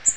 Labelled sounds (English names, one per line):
Magnolia Warbler flight call